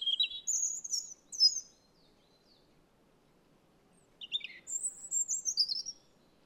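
Robin song: two bursts of thin, high, rapidly varied warbling and trilling notes, separated by a pause of about two and a half seconds.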